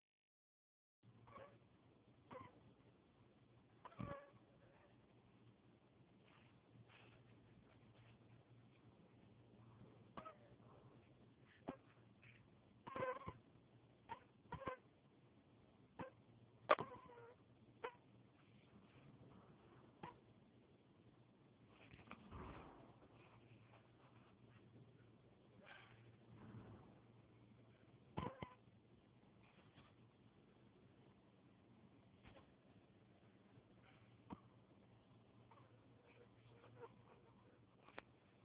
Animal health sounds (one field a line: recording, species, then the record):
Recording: mosquito flight sound by mobile phone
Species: Anopheles dirus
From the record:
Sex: female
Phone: Huawei 866C